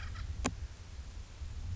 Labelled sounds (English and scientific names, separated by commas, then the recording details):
Acorn Woodpecker (Melanerpes formicivorus)
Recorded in Sonoma County, California